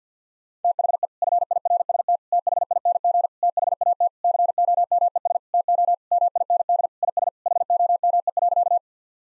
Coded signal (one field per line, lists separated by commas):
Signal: Morse code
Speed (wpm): 50 wpm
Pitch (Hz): 700 Hz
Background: none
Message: THE FIRST THING THAT COMES TO MIND IS HOME.